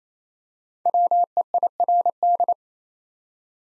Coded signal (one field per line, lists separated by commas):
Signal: Morse code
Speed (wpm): 27 wpm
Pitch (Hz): 700 Hz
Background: none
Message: WEIRD